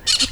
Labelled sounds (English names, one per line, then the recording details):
Brown-throated Parakeet contact call
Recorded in Venezuela
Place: Cerro Saroche, Hato Dalmatela, Edo. Lara
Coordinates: 10.149, -69.534